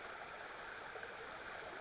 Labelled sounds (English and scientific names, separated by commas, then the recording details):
Western Flycatcher (Empidonax difficilis)
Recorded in Sonoma County, California